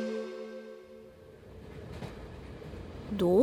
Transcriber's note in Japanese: 列車の走行音